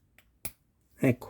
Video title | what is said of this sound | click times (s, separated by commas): Audi quattro uscita 22: il montaggio del differenziale posteriore. Edizione Centauria in scala 1:8. | Here perhaps the click can be heard, here it is! | 0.5 s